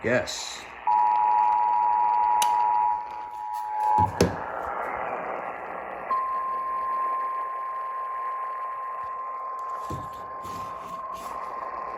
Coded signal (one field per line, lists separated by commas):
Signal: Emergency Alert System (SAME) tones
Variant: 853 and 960 Hz attention tone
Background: speech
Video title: EAS 475 & 476 - SVR for Bienville, Bossier, Webster LA on KWKH & KEEL